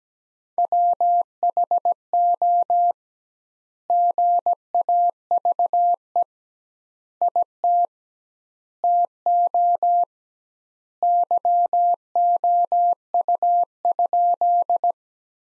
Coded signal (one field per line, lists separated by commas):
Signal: Morse code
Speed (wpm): 17 wpm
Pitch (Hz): 700 Hz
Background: none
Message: WHO GAVE IT TO YOU?